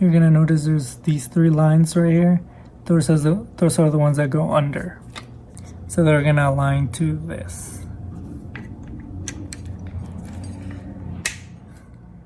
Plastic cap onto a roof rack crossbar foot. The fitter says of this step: and you're gonna hear that click and when you're looking at it you're gonna be able to read it so it's not gonna be like upside down